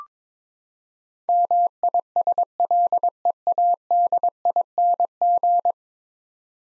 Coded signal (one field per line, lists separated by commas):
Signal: Morse code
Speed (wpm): 22 wpm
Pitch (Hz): 700 Hz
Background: none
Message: MISLEADING